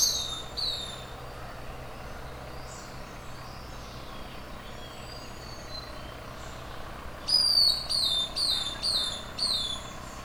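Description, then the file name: Injab bird calls: a run of high, thin whistled notes that slide downward, a short burst at the start and a longer series near the end, over steady background hiss. "burung madi injab"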